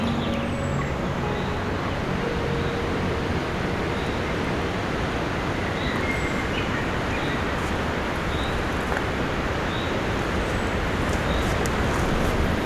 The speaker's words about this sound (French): Et la mélodie des arbres et des oiseaux.